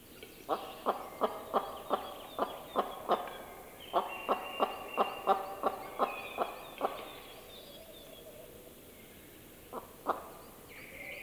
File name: Digiffects Sound Effects Library - Female Capercaillie Call